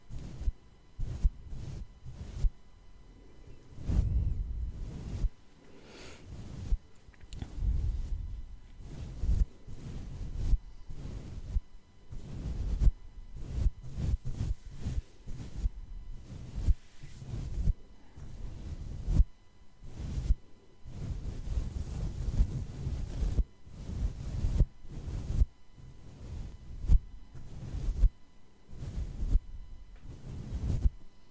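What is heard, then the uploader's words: Brushing against a face, heard as soft, low, rubbing strokes that come in quick irregular bursts throughout. Sharp crisp scratches break through every second or so, and a faint steady hum sits underneath. Slow breathing may blend into the rubbing. ASMR Face Brushing (With Brushing Sounds!! + Breathing sounds).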